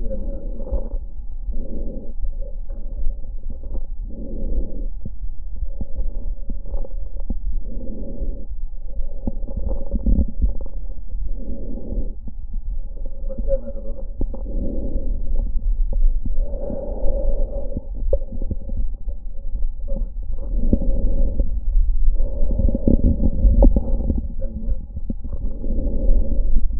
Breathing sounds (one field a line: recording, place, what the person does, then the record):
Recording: lung sounds by stethoscope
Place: left anterior apical chest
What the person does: quiet breathing, then deep breathing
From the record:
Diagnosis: COPD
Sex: female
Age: 80 years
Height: 160 cm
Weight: 62 kg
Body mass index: 24.2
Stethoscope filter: diaphragm mode